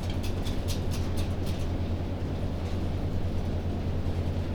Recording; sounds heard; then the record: poultry house recording; no chicken sound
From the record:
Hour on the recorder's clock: 22